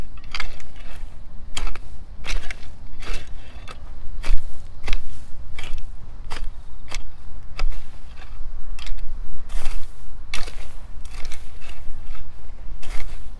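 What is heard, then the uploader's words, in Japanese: A hoe scrapes and chops at weeds between rows of carrots, with sharp, crisp strikes landing roughly every half second to a second at a fairly regular pace. A steady low rumble runs underneath throughout, with soft rustling between the hits. 残暑の午前中 人参中耕と除草。32℃\\23 ℃/晴れのち曇り。クワで通路の草を取り払い、ハサミで人参の近くに生えた大きめの草を切り、さらに草抑えと土の中に空気を送るため軽くスジ蒔きした人参の列の間を耕します(中耕)。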